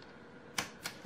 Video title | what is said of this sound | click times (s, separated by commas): {TEST} Règle pointillée et stampin'up write!!! | Voilà, hop, ça se clipse, ça se clipse, ça | 0.6 s